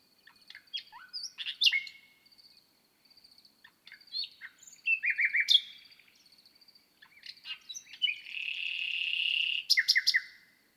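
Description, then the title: Common nightingale giving varied chirps, downslurred whistles and a long buzzy swelling note, phrases broken by short silences, with soft high ticking behind. On the Lesches-en-Diois plateau in the Drôme, France, at 1000 m altitude; at night on 6 May 2018, microphones at the foot of a bush. "naturophonie. Rossignol 2018"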